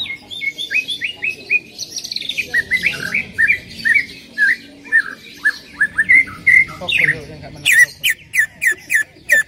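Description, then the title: Greater green leafbird calling in a steady series of short, rising whistled notes, several each second, ending with sharper, clipped chirps. Female calling to a male; described as calling very actively and persistently (gacor hiper). "CUCAK IJO BETINA GACOR HIPER MEMANGGIL JANTAN"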